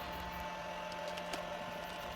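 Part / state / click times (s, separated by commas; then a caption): action figure arm onto torso shoulder peg / seated / 1.3 s. The right arm of a build-a-figure action figure is pushed onto its heated plastic shoulder peg on the torso. A steady hum continues throughout, and a short click is heard at 1.3 seconds. The arm clicks in and seats.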